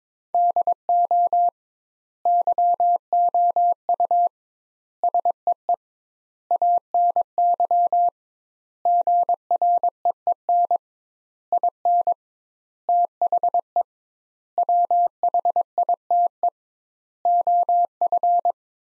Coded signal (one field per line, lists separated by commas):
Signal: Morse code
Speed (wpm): 22 wpm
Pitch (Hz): 700 Hz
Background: none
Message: DO YOU SEE ANY GREEN IN THE WHITE OF